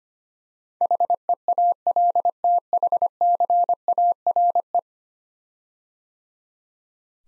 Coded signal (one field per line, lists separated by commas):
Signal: Morse code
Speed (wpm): 25 wpm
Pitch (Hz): 700 Hz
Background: none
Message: HEALTHCARE